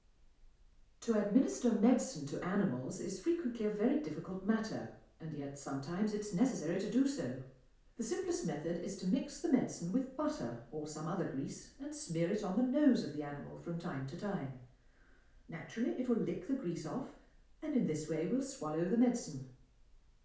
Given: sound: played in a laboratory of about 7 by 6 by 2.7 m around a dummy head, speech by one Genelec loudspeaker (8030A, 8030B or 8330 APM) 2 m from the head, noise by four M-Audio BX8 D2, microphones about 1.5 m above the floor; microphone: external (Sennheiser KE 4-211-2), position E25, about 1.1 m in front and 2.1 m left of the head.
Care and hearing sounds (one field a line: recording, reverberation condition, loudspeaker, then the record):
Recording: female speech in English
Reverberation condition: medium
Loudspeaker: 60 degrees to the right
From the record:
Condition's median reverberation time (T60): about 510 ms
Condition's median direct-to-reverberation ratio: about -0.5 dB